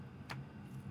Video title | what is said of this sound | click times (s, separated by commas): HOW TO IMPROVE PERFORMANCE & POTENTIALLY SAVE YOUR ENGINE FROM FAILURE - LANDROVER SERIES 2A PROJECT | a nice little satisfying click | 0.3 s